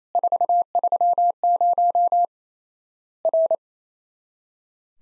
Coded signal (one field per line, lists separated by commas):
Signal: Morse code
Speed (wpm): 28 wpm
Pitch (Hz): 700 Hz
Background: none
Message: 430 R